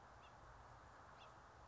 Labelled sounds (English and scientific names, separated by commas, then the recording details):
House Finch (Haemorhous mexicanus)
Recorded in Sonoma County, California